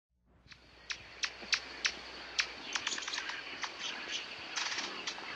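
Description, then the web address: Violet-crowned hummingbird calls: dry, sharp ticking chips given irregularly, several each second, growing busier toward the end over a steady background hiss. "Songs of Birds of North America Western USA Songbirds. Violet-crowned Hummingbird"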